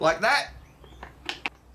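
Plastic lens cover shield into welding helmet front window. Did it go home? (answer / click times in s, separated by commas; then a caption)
yes / 1.3 s, 1.5 s. Someone talks, then a clear plastic lens cover shield, shaped like the window, is pressed into the front window of a Yeswelder Panoramic 180 View auto darkening welding helmet. Two sharp clicks at 1.3 s and 1.5 s show the cover seating in place.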